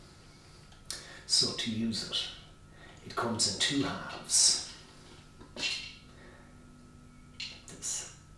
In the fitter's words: So you line up the two halves along the grooves and they just click into place. You can hear a little click.